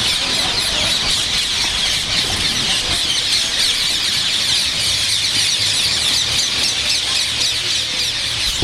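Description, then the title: Rose-ringed parakeets giving a steady wall of shrill, grating squawks from many birds at once, calls overlapping rapidly. Very social bird, an introduced species becoming ever more common and spreading steadily northward. "vogel der woche. Halsbandsittich"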